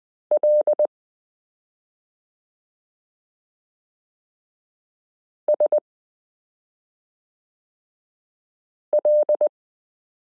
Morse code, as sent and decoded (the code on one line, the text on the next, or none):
.-.. / ... / .-..
L S L